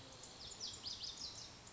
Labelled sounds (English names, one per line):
Lazuli Bunting